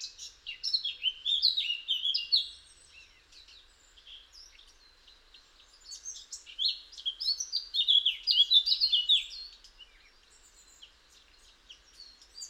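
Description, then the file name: Eurasian blackcap song: bright, jumbled warbling phrases of quick varied notes, a pause, then another similar phrase. "Sylvia atricapilla"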